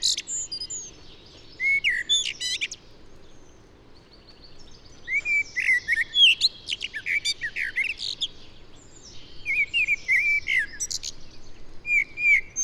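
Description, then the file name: Common blackbird song: three mellow whistled phrases separated by pauses, each mixed with squeaky high twittering notes. "Turdus merula"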